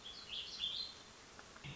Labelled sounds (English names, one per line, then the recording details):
Warbling Vireo
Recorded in Sonoma County, California